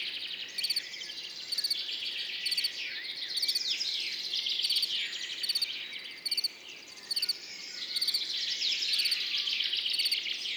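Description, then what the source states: Field cricket chirping in steady pulsed bursts, about one per second, over a thick chorus of songbirds. Singing continuously among orchids after a mild night, morning, 10 June 2019, Montagne du Puy; birds waking in background; Nagra Seven recorder, MKH40 microphone, stereo.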